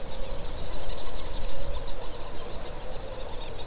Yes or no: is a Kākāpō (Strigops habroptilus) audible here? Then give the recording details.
no. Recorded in New Zealand. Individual Stumpy